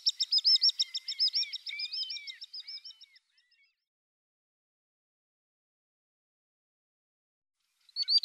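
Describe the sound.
Common sandpiper giving a fast, high, twittering run of piping notes that fades after three seconds, silence, then a brief burst at the end.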